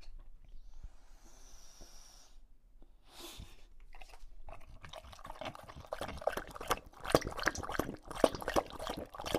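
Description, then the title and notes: English Bulldog drinking, quiet breathy sounds for the first few seconds, then rapid wet lapping and slurping that grows louder toward the end. Male English Bulldog named Lucho, drinking water from a bowl after a long walk, breathing heavily between drinks and out of breath from the walk. "English Bulldog Drinks from Water Bowl - Weird Sounds. listen to Lucho the English Bulldog as he tries to drink water after a long walk. Don't let his heavy breathing fool you in between drinks, he's equally out of breath from the walk"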